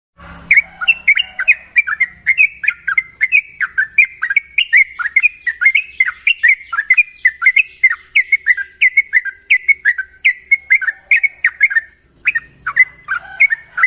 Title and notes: Masteran Trucukan Ropel Panjang. Kicau Burung Trucukan